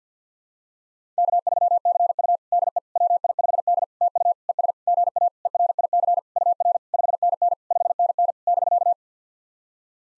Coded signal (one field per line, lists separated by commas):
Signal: Morse code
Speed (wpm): 50 wpm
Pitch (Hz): 700 Hz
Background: none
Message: K3CU DE WI5D TU ES GA ERIC UR 5NN 5NN <BK>